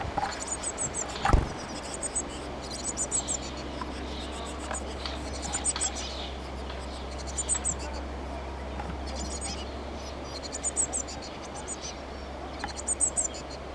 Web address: SETE data Cyanistes caeruleus